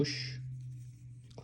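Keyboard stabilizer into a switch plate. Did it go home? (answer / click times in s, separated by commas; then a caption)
yes / 1.3 s. A small plastic stabilizer for the enter key is pushed into a keyboard switch plate while someone talks. A sharp click is heard at 1.3 seconds as the stabilizer clicks into the plate and is seated.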